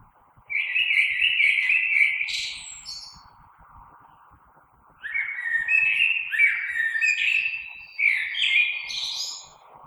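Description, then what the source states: Common blackbird song: a fluting warble with a high twittered end, then a longer run of varied phrases, over a steady low hum. Recorded 3 March 2020.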